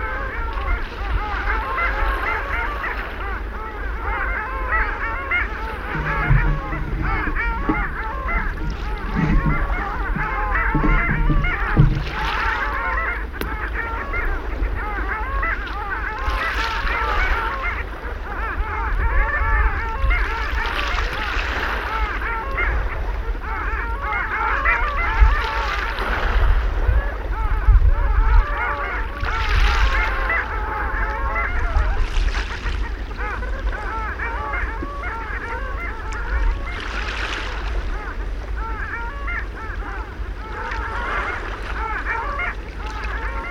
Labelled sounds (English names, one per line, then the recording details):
Long-tailed Duck call
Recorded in the wild
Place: Dwasiden, Insel Rügen, Mecklenburg-Vorpommern, DE
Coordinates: 54.51, 13.62
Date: 1970-04-14 06:15
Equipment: Nagra III BH, Sennheiser MD 21, parabola
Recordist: Schubert, Michael
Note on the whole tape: Balz Eisenten, zum Schluß am besten (weniger Wellenger.große Gruppe ruft). Auch (z.T. wimmernde) Langrufe dabei E. 6,15